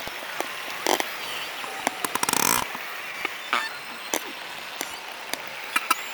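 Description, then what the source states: Narwhal click series with a fast buzzing train near two and a half seconds and spaced single clicks. Rapid clicks and chatter.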